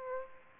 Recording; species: mosquito wingbeat signal from an infrared sensor; Aedes aegypti